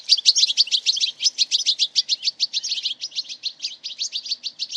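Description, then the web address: Bird trill, a fast run of high buzzy notes, steady throughout with nothing else heard. "Deverinetal. Bird Only"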